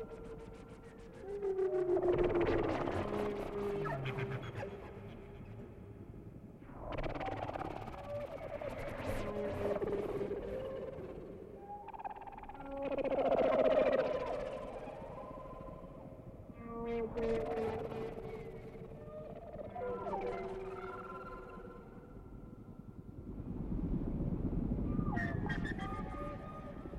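Whale sounds come in slow, separate phrases every five seconds or so: long moaning tones that bend and waver in pitch, with higher squeaks and creaks layered over them. Between calls a low rumbling wash continues, swelling into a deep surge near the end.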